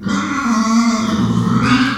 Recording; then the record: squeal of a Yucatan mini pig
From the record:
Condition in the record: after surgery on the right vocal fold (resection and tissue-engineered implant); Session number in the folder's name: 14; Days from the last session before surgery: 133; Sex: female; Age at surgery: 19 weeks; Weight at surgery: 25 kg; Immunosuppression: prednisolone